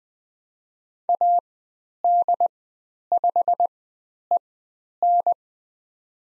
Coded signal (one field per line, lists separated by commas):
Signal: Morse code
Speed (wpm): 20 wpm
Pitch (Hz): 700 Hz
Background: none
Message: AD5EN